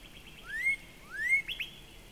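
Northern Cardinal song: two slurred whistles rising steeply in pitch, followed by a couple of sharp, higher clipped notes.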